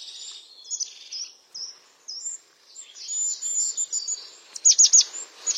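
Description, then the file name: European crested tit giving thin high whistled notes in a loose string, ending with a sharp burst of quick descending chirps. "Canto do chapim de crista"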